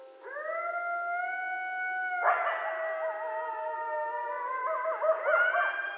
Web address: Coyote 2012 11 13 Coyotes night-sounds coyotes